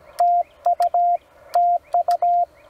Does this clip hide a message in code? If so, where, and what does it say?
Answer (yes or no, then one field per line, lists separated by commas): yes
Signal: Morse code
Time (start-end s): 0.2-2.4 s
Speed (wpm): 17 wpm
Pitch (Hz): 700 Hz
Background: none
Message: TU TU